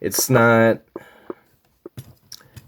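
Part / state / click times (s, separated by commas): plastic panel tab into its slot on an action figure / partly seated / 2.3 s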